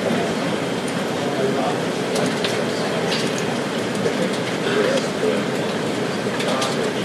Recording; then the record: background sound without coughing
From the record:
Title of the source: Office Sounds Ambience - Background Noise for Study and Work